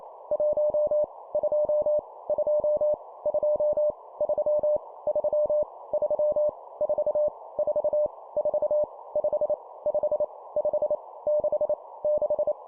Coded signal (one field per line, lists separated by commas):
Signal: Morse code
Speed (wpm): 28 wpm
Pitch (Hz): 600 Hz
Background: none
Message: 1 2 2 2 3 3 3 4 4 4 5 5 5 6 6